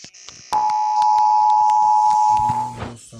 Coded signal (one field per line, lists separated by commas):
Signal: Emergency Alert System (SAME) tones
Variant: 853 and 960 Hz attention tone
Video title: Tucson EAS Alarm (TORNADO WARNING) 2001